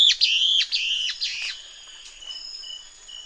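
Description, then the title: Fuscous flycatcher song: a rapid series of several emphatic, buzzy notes at the start, then fading out, with continuous high-pitched insect tones behind. Subspecies duidae. "LuckyPassaro Completos2Sama. Fuscous Flycatcher (Cnemotriccus fuscatus duidae)"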